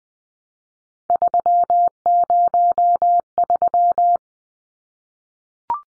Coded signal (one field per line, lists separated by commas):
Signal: Morse code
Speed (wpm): 20 wpm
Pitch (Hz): 700 Hz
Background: none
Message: 303